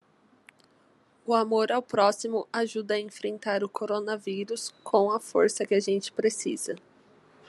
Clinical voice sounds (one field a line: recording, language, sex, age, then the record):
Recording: spoken sentence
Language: Brazilian Portuguese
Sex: female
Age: 20 to 29 years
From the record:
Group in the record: control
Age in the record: 24 years